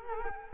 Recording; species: mosquito wingbeat signal from an infrared sensor; Culex quinquefasciatus